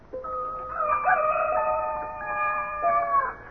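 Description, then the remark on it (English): A rooster some distance off lets out one long cock-a-doodle-doo, a strained, raucous, harmonic call that climbs, holds steady for a few seconds, then dips and breaks off. It sounds alone, with no voices. “Oh, I struggled back from layers deep, beckoned by a rooster somewhere, doing his thing.”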